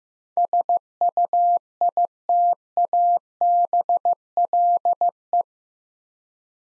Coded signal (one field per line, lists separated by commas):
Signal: Morse code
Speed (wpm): 15 wpm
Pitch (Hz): 700 Hz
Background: none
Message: SUITABLE